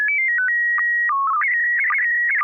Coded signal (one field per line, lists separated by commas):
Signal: SSTV (slow-scan television)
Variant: PD 120